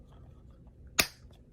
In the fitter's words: you need to shut this right here until it clicks or